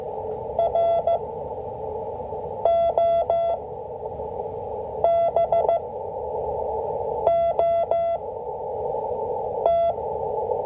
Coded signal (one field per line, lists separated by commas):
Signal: Morse code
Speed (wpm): 15 wpm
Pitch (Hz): 680 Hz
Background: none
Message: ROBOT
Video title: 5 WPM MORSE CODE PRACTICE - W1AW